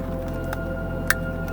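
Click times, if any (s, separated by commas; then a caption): 1.1 s. A black plastic wiring connector is pushed into the back of the cigarette lighter socket in a Land Rover LR3, during heated steering wheel work. Over a steady humming background with faint tonal lines, a soft tick comes at 0.5 s and a sharp snap at 1.1 s as the connector seats firmly in the socket.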